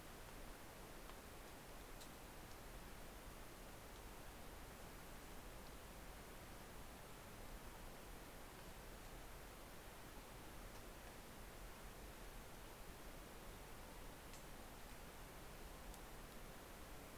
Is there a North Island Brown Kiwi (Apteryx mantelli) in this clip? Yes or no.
no